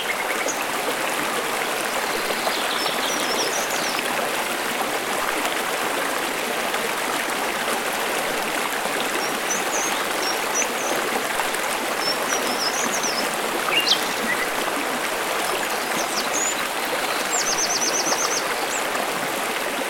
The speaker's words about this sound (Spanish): El río.